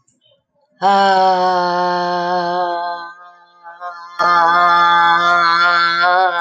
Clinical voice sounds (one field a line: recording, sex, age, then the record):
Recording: vowel held as long as possible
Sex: female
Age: 50 to 59 years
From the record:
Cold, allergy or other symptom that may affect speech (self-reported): no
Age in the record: 50 years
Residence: Texas, United States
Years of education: 14